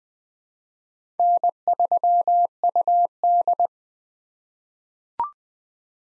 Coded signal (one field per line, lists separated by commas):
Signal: Morse code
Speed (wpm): 21 wpm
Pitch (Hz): 700 Hz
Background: none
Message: N3UD